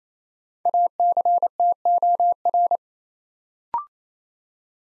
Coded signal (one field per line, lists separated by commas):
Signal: Morse code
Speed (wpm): 28 wpm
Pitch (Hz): 700 Hz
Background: none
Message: ACTOR